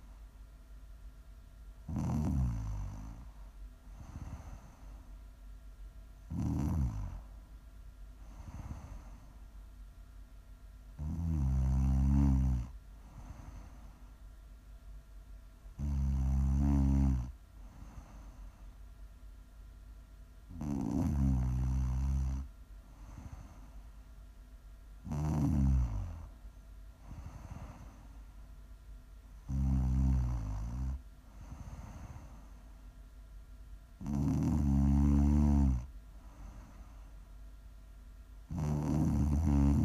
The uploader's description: prime ASMR snoring